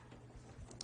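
The bobbin winder spindle pin on a Singer 6263 sewing machine is pushed over to the right into its winding position, setting the machine to wind a bobbin. Against a low background hum, two short, sharp clicks sound at 0.7 s and 0.8 s, the second louder, as the pin seats in place.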